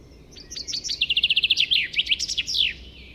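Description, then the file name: Common chaffinch song, opening chirps running into a fast repeated trill, then a rattling phrase and a final downward flourish. "Fringilla coelebs"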